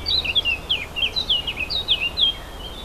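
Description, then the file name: Warbler singing a brisk, chattering phrase of quick slurred whistles that jump up and down in pitch, with a soft hiss behind. Warblers recorded 4 May 2011 with an MZ-N710 recorder. "mz-n 710 fauvettes 4 05 11"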